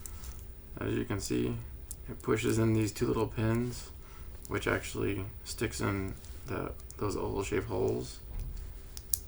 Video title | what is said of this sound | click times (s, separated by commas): Tag Heuer AquaRacer Calibre 5 43mm Unboxing | It's got a nice click to it. | 9.0 s, 9.1 s